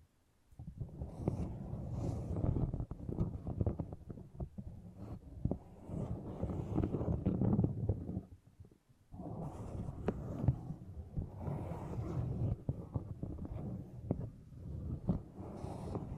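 Beeswax being handled in a dense run of soft squishing, pressing and rubbing, mostly low and muffled with quick clicky crackles scattered throughout. The sound is continuous and busy, with brief gaps near the start and around eight to nine seconds before it resumes.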